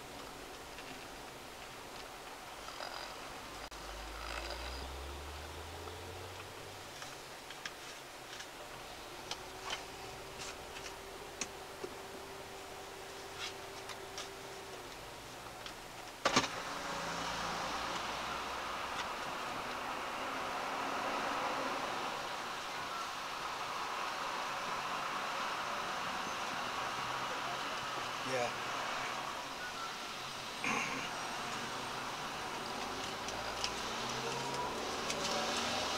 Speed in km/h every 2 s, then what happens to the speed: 15, 8, 6, 2, 2, 0, 0, 0, 0, 0, 0, 0, 0, 0, 0, 0, 3, 8.
0-7 slows to 2. 7-31 standing. 31-36 pulls away to 8.